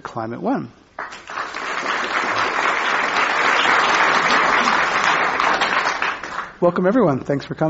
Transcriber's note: applause